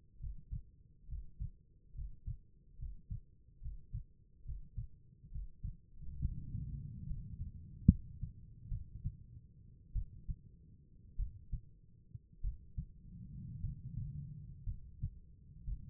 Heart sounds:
heart sounds by stethoscope; 62 bpm
0.19 s: heartbeat
1.08 s: heartbeat
1.94 s: heartbeat
2.78 s: heartbeat
3.61 s: heartbeat
4.44 s: heartbeat
5.31 s: heartbeat
6.20 s: heartbeat
7.06 s: heartbeat
7.86 s: heartbeat
8.69 s: heartbeat
9.93 s: heartbeat
11.16 s: heartbeat
12.41 s: heartbeat
13.61 s: heartbeat
14.64 s: heartbeat
15.65 s: heartbeat
From the record:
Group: healthy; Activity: breath hold 0-9 s, rest 9-16 s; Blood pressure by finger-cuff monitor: 103/65 mmHg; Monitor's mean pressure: 76 mmHg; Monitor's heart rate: 58 bpm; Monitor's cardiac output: 4.7 L/min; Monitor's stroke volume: 71 mL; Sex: female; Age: 36 years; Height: 163 cm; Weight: 88 kg

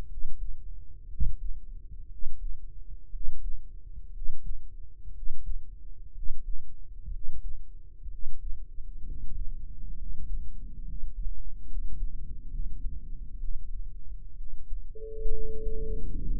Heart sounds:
heart sounds by microphone in the right ear; 63 bpm
0.06 s: heartbeat
1.06 s: heartbeat
2.07 s: heartbeat
3.09 s: heartbeat
4.11 s: heartbeat
5.11 s: heartbeat
6.11 s: heartbeat
7.09 s: heartbeat
8.07 s: heartbeat
9.02 s: heartbeat
9.95 s: heartbeat
10.82 s: heartbeat
11.64 s: heartbeat
12.48 s: heartbeat
13.37 s: heartbeat
14.34 s: heartbeat
15.30 s: heartbeat
16.23 s: heartbeat
From the record:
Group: healthy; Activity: rest 0-15 s, breath hold 15-16 s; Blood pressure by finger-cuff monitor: 111/67 mmHg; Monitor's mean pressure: 80 mmHg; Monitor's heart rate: 60 bpm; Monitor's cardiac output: 6.9 L/min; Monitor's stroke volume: 113 mL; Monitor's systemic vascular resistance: 860 dyn s/cm5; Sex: male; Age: 23 years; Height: 178 cm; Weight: 96.6 kg

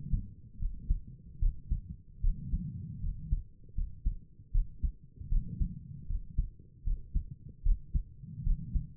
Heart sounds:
heart sounds by stethoscope; 76 bpm
0.60 s: heartbeat
1.40 s: heartbeat
2.22 s: heartbeat
3.01 s: heartbeat
3.75 s: heartbeat
4.52 s: heartbeat
5.30 s: heartbeat
6.08 s: heartbeat
6.85 s: heartbeat
7.64 s: heartbeat
8.44 s: heartbeat
From the record:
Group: healthy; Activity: rest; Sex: female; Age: 22 years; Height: 163 cm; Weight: 67.1 kg

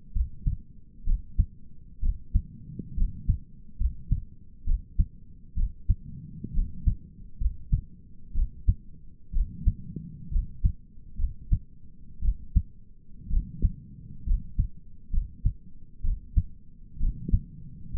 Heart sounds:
heart sounds by stethoscope; 64 bpm
0.15 s: heartbeat
1.07 s: heartbeat
2.03 s: heartbeat
2.97 s: heartbeat
3.80 s: heartbeat
4.67 s: heartbeat
5.57 s: heartbeat
6.55 s: heartbeat
7.41 s: heartbeat
8.35 s: heartbeat
9.34 s: heartbeat
10.32 s: heartbeat
11.19 s: heartbeat
12.23 s: heartbeat
13.31 s: heartbeat
14.27 s: heartbeat
15.13 s: heartbeat
16.04 s: heartbeat
17.01 s: heartbeat
17.94 s: heartbeat
From the record:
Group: healthy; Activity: rest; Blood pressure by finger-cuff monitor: 128/73 mmHg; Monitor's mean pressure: 89 mmHg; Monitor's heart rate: 63 bpm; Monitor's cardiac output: 5.9 L/min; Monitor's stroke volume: 92 mL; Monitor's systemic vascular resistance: 1080 dyn s/cm5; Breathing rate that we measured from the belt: 16 breaths a minute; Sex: male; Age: 22 years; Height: 181 cm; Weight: 79 kg

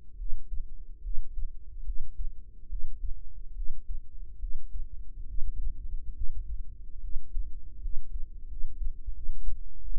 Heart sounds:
heart sounds by microphone in the right ear; 75 bpm
0.17 s: heartbeat
1.02 s: heartbeat
1.84 s: heartbeat
2.68 s: heartbeat
3.54 s: heartbeat
4.39 s: heartbeat
5.26 s: heartbeat
6.13 s: heartbeat
7.00 s: heartbeat
7.80 s: heartbeat
8.47 s: heartbeat
9.12 s: heartbeat
9.80 s: heartbeat
From the record:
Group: healthy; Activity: breath hold 0-8 s, rest 8-10 s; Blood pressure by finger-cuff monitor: 102/63 mmHg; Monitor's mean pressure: 77 mmHg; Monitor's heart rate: 72 bpm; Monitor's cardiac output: 6.6 L/min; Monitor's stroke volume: 91 mL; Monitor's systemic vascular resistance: 830 dyn s/cm5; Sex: female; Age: 19 years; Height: 163 cm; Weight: 48.9 kg

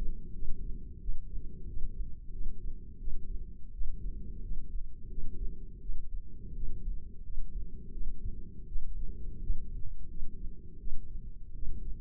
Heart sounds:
heart sounds by microphone in the left ear; 86 bpm
0.34 s: heartbeat
1.01 s: heartbeat
1.68 s: heartbeat
2.32 s: heartbeat
2.99 s: heartbeat
3.73 s: heartbeat
4.42 s: heartbeat
5.09 s: heartbeat
5.81 s: heartbeat
6.55 s: heartbeat
7.23 s: heartbeat
7.92 s: heartbeat
8.67 s: heartbeat
9.41 s: heartbeat
10.08 s: heartbeat
10.78 s: heartbeat
11.54 s: heartbeat
From the record:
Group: healthy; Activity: rest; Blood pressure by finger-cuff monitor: 165/87 mmHg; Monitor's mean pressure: 108 mmHg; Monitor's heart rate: 88 bpm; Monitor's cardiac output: 7.6 L/min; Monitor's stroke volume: 87 mL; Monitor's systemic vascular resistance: 1060 dyn s/cm5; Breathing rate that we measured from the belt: 23 breaths a minute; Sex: female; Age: 22 years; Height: 154 cm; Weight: 58.7 kg

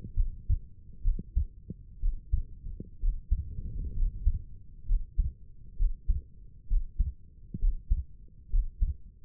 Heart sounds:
heart sounds by stethoscope; 65 bpm
0.14 s: heartbeat
1.02 s: heartbeat
2.00 s: heartbeat
3.00 s: heartbeat
3.95 s: heartbeat
4.86 s: heartbeat
5.76 s: heartbeat
6.67 s: heartbeat
7.58 s: heartbeat
8.49 s: heartbeat
From the record:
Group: healthy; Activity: Valsalva maneuver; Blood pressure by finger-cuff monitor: 112/68 mmHg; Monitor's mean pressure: 79 mmHg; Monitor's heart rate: 65 bpm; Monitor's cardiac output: 5.2 L/min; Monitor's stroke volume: 80 mL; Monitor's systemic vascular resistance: 1130 dyn s/cm5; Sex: female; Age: 22 years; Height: 160 cm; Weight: 45 kg

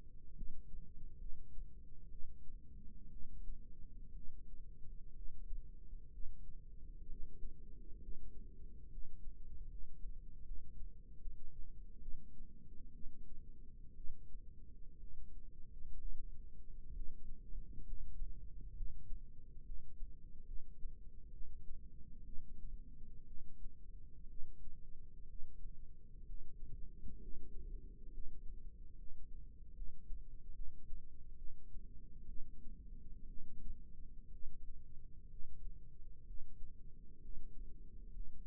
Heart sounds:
heart sounds by microphone in the left ear; 65 bpm
0.35 s: heartbeat
1.18 s: heartbeat
2.09 s: heartbeat
3.09 s: heartbeat
4.13 s: heartbeat
5.13 s: heartbeat
6.10 s: heartbeat
7.06 s: heartbeat
7.99 s: heartbeat
8.89 s: heartbeat
9.68 s: heartbeat
10.43 s: heartbeat
11.19 s: heartbeat
12.00 s: heartbeat
12.92 s: heartbeat
13.95 s: heartbeat
14.98 s: heartbeat
15.97 s: heartbeat
16.92 s: heartbeat
17.84 s: heartbeat
18.74 s: heartbeat
19.63 s: heartbeat
20.45 s: heartbeat
21.30 s: heartbeat
22.24 s: heartbeat
23.26 s: heartbeat
24.27 s: heartbeat
25.27 s: heartbeat
26.24 s: heartbeat
27.19 s: heartbeat
28.11 s: heartbeat
28.95 s: heartbeat
29.74 s: heartbeat
30.53 s: heartbeat
31.36 s: heartbeat
32.26 s: heartbeat
33.26 s: heartbeat
34.30 s: heartbeat
35.28 s: heartbeat
36.25 s: heartbeat
37.19 s: heartbeat
38.11 s: heartbeat
From the record:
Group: healthy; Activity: cold pressor test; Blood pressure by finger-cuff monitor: 146/69 mmHg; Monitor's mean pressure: 95 mmHg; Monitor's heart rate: 64 bpm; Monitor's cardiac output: 6.6 L/min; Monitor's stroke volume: 102 mL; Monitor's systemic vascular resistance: 1050 dyn s/cm5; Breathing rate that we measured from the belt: 6 breaths a minute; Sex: female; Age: 37 years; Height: 168 cm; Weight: 70 kg

